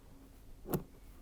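A plastic retaining clip is fitted over the hose connection at the outlet of a Karcher pressure washer to secure the fully inserted hose. A single sharp snap is heard at 0.7 s over low background noise, and the clip seats onto the connection.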